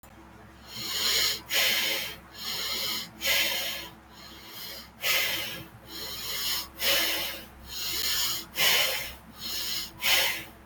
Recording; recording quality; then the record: shallow breathing; excellent, no background noise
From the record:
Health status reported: respiratory illness, not identified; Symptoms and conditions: asthma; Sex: male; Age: 27 years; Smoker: not ticked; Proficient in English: yes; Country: India